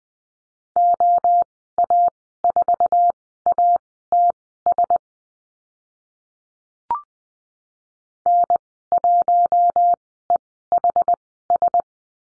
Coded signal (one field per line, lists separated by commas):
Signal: Morse code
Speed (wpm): 20 wpm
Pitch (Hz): 700 Hz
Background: none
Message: OA4ATS N1EHS